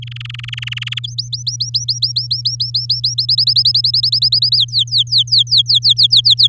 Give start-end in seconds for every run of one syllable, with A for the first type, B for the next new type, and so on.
0.02-0.99 A, 1.07-3.14 B, 3.18-4.56 C, 4.58-6.47 D